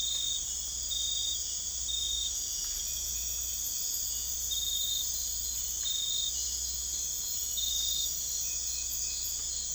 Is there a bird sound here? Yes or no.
no